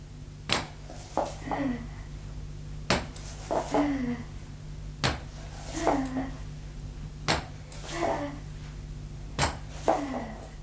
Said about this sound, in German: Endlos scheint dieser Gang von wenigen Schritten bis zur Tür. Atemlos steht der Leutnant, horcht auf das trockene Klopfen und Stoßen der Krücken